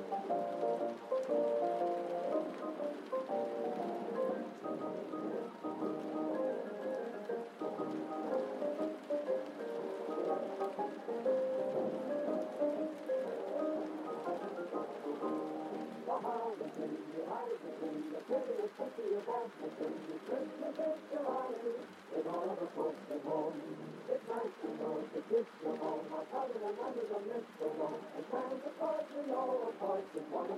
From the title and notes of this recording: Cozy Rainy Night Vibes: Oldies Playing from Another Room. Vintage music from another room.